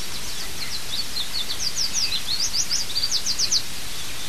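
Bird calls, a rapid series of thin high chirps over steady hiss.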